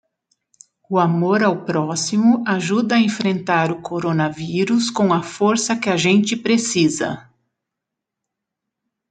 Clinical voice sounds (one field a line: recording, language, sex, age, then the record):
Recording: spoken sentence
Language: Brazilian Portuguese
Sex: female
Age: 50 to 59 years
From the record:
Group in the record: control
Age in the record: 52 years